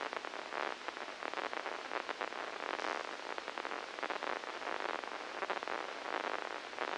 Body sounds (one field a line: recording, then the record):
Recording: brain microelectrode recording played as sound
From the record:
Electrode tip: inside the subthalamic nucleus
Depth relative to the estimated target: -3 mm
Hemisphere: left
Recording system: NeuroSet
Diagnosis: Parkinson's disease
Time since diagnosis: 9 years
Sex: female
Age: 51 years